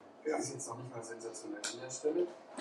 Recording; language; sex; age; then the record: short text; Brazilian Portuguese; female; 40 to 49 years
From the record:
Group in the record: control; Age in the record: 42 years